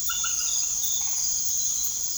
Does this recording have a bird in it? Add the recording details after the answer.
no. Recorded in secondary vegetation near Puerto Asís, Putumayo, Colombia, on 24 March 2025 at 21:00. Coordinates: 0.489, -76.322. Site G042